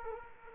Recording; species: mosquito wingbeat signal from an infrared sensor; Culex quinquefasciatus